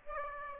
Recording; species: mosquito wingbeat signal from an infrared sensor; Aedes aegypti